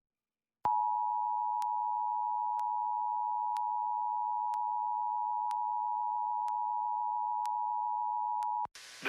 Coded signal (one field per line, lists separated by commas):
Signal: Emergency Alert System (SAME) tones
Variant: 853 and 960 Hz attention tone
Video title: Back Fo Mo….EAS Alerts From July 26, 2023